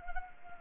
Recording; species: mosquito wingbeat signal from an infrared sensor; Anopheles arabiensis